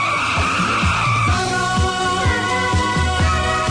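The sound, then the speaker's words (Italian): A loud motorcycle engine roars and revs as it arrives, with repeated rising and falling pitch sweeps, joined by a sustained high tire squeal as the motorcycle skids. No one speaks. “Un solo uomo è in grado di porre fine a questi soprusi e arriva in sella ad una rombante motocicletta.”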